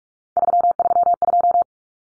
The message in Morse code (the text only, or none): 332